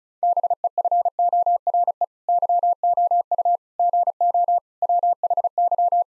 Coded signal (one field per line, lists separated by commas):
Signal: Morse code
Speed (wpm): 36 wpm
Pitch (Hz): 700 Hz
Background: none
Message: BEFORE YOU GO WHY